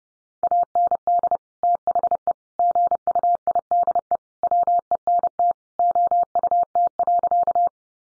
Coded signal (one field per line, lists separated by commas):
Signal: Morse code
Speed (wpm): 30 wpm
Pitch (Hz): 700 Hz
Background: none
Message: AND THE GUIDE WENT OUT.